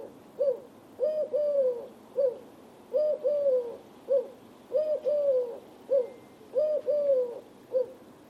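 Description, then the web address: Bird cooing in low, mellow notes, a short coo followed by a longer falling double coo, repeated in regular phrases. "Deverinetal 2025. Bird Only"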